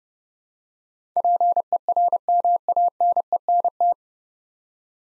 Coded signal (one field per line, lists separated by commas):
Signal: Morse code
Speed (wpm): 28 wpm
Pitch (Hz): 700 Hz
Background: none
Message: PERMANENT